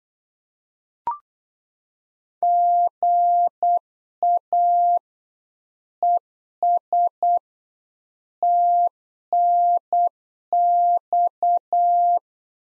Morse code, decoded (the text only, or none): GA ES TNX